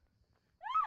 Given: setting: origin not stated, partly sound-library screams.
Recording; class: one-second piece from a danger detection set; woman in danger